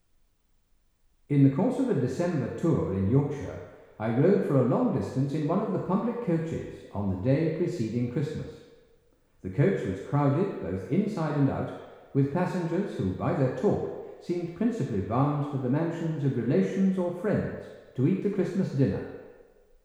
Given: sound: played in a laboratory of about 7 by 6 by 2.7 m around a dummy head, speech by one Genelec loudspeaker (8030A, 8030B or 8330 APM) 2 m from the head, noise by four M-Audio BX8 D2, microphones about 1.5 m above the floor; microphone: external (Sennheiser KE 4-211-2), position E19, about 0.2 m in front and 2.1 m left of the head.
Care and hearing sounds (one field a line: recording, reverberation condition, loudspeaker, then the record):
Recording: male speech in English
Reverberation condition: high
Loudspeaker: 90 degrees to the left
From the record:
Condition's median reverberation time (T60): about 1300 ms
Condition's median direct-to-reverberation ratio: about -4.0 dB